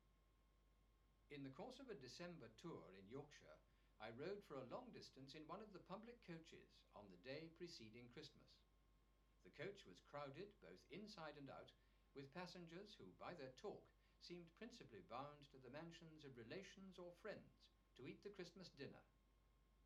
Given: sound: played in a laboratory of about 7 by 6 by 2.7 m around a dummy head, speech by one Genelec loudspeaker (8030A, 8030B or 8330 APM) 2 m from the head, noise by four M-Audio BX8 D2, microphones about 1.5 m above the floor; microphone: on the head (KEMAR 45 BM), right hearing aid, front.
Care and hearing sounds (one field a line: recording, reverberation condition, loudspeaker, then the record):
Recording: male speech in English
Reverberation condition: low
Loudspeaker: 90 degrees to the right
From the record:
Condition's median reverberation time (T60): about 310 ms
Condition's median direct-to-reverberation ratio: about 3.5 dB